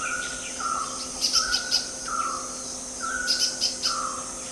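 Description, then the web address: Chestnut-necklaced partridge giving clear, slightly descending whistles repeated about once a second, with high chirps and a steady insect drone behind. Recorded at Danum on 8 August 2009. "DANUM. chestnut-necklaced hill partridge"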